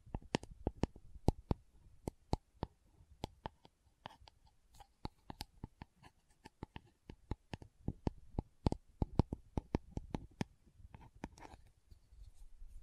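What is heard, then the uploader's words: Lid and bottle sounds: a busy run of sharp, clicking taps and knocks, irregular and often several per second, bright and crisp. Between the taps come softer scratchy rubbing noises and a low rumble, and the tapping thins a little around the middle before picking up again. Lid Sounds & Bottle Tapping, Scratching.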